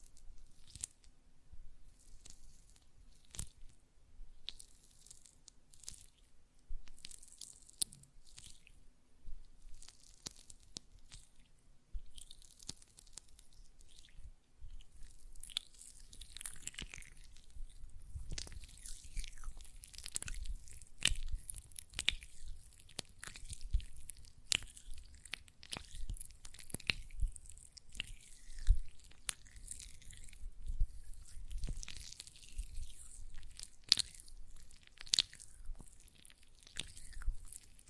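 Gel lotion being worked between hands, with wet, squishy, crackling sounds. The first half is sparse, with scattered sharp clicks and bright smacks, then from about fifteen seconds the squelching becomes dense and continuous, with frequent sticky pops and a faint low hum underneath.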